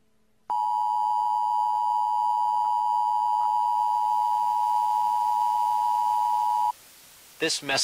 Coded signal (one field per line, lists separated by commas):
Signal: Emergency Alert System (SAME) tones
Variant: 853 and 960 Hz attention tone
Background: speech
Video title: EAS Scenario #7: Tsunami